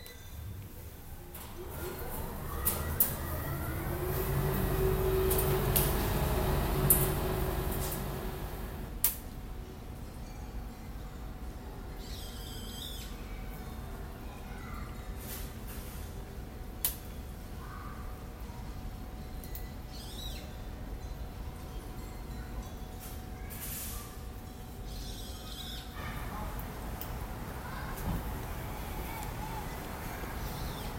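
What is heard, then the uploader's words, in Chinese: In Paju, South Korea, a vehicle rumbles past in the first nine seconds, leaving quiet ambience with scattered bird chirps and a faint steady tone. 韓國坡州市（파주시）。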